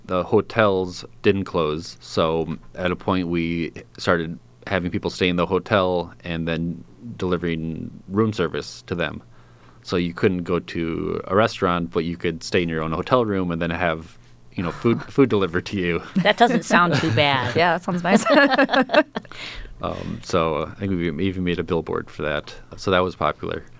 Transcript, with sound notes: The hotels didn't close so at a point we started having people stay in the hotel and then delivering room service to them, so you couldn't go to a restaurant, but you could stay in your own hotel room and then have food delivered to you.
That doesn't sound too bad.
That sounds nice. [LAUGHTER]
I think we even made a billboard for that, so that was popular.